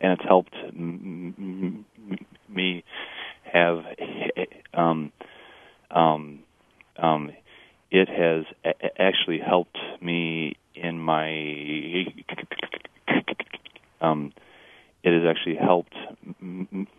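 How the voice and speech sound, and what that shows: Low-pitched adult man who stutters, speaking in a radio interview: he restarts one phrase three times, with stretched sounds, long silent blocks and pauses between words, and repeated 'um'.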